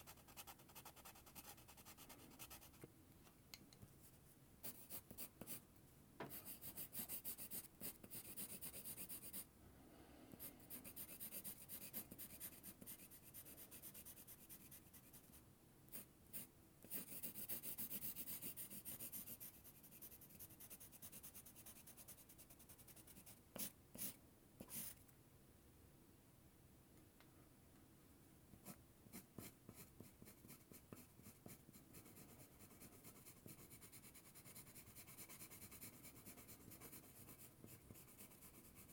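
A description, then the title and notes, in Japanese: A pencil scratches across white paper as a picture is drawn, in quick strokes of dry rasping and rubbing. The scratching comes in dense bursts with brief pauses, busiest around 5–10 and 15–18 seconds, then lighter, more scattered strokes near the end. 鉛筆で絵を描く音（Binaural）- The sound of drawing a picture with a pencil。白い紙に鉛筆でカリカリと絵を描きました。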